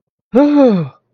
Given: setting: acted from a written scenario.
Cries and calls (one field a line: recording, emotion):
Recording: vocal sound without words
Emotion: negative surprise